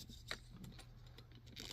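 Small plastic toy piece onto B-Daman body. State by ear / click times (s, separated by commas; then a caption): not seated / none. A small plastic toy piece is pressed onto a B-Daman body, producing a sharp plastic tap near 0.3 s followed by softer ticks and scraping over a low steady hum. The part fails to snap on, and nothing has seated or clicked yet.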